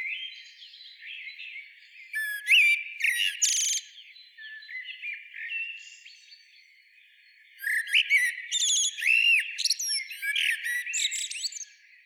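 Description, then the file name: Common blackbird song: quiet warbling, then loud bursts of fluty whistles laced with high squeaks and chattering notes, repeated in two main phrases. "Turdus merula"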